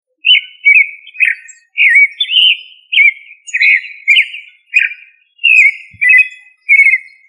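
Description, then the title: Thrush singing a series of short, clear whistled and warbled phrases in quick succession. "Familia Turdidae - Sabia"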